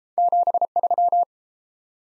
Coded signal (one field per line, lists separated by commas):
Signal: Morse code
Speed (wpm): 29 wpm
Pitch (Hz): 700 Hz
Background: none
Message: 73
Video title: Top 20 QSO Elements - Speed-Racing - 22wpm